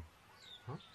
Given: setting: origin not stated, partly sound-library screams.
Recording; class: one-second piece from a danger detection set; normal situation